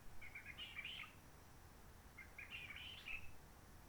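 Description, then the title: Réunion bulbul song: two short warbling phrases of tangled whistles, with low background hiss. Roche Merveilleuse forest, Réunion; quiet since 19 March 2020 lockdown, no visitors, microlights or helicopters; sunny, blue sky; birds not very active; sings simpler short phrases, adapted to noise pollution. "Roche Merveilleuse, Réunion - Merle de lîle de la Réunion."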